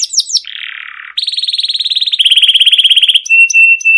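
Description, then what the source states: Canary song with a few quick slurred notes, a harsh buzzy burst, then fast pulsing trills changing pitch, ending in steady whistled tones. Canary giving a long, energetic rolling chirping song (masteran) used to prompt other canaries to sing.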